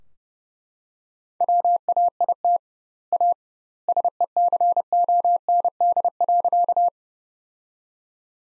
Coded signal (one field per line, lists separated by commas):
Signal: Morse code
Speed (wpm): 30 wpm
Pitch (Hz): 700 Hz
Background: none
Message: WAIT A SECOND.